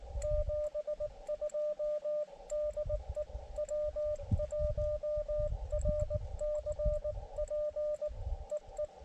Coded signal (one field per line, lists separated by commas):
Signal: Morse code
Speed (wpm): 19 wpm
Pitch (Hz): 600 Hz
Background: radio noise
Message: 72 DE W1RCP EE